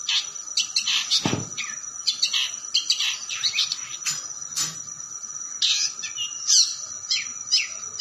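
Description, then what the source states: Long-tailed shrike singing a busy medley of quick chirps, buzzy phrases and whistled notes with short pauses, a constant thin high tone running underneath. Song style called kombinasi (combination).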